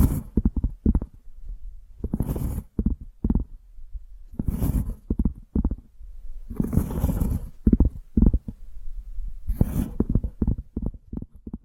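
Quick, dense low tapping runs throughout, broken every two or three seconds by brief bright rustling swishes at around 2, 5, 7 and 10 seconds.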